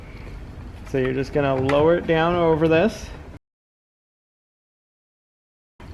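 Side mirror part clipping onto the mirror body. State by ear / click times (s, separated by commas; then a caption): not seated / none. Someone talks while a side mirror part for a 2014-2020 Mercedes-Benz GLA250 is lowered over the mirror body so its tabs line up and its clip can latch. The talking runs from about 1.0 to 2.9 seconds, then there is near silence until a faint sound returns at about 5.8 seconds. Nothing has seated or clicked yet.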